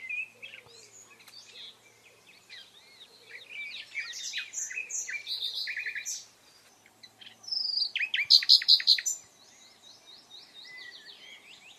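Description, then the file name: Common nightingale singing varied phrases of whistles, chirps and rapid clicking trills, with a brief pause before a loud, fast repeated chattering burst. "Luscinia megarhynchos"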